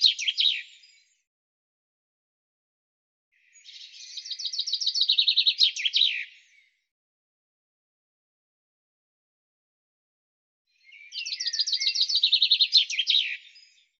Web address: cianscape birddata Deverinetal 2025 Bird Fr Co